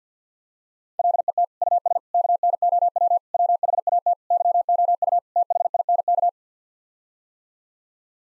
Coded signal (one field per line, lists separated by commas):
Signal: Morse code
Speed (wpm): 50 wpm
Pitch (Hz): 700 Hz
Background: none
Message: LET US KNOW WHAT YOU THINK